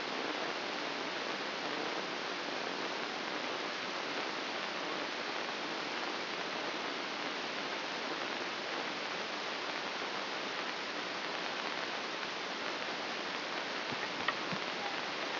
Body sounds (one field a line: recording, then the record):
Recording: brain microelectrode recording played as sound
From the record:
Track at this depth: inside the subthalamic nucleus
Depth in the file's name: 4.03 mm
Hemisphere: left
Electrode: 2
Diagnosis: Parkinson's disease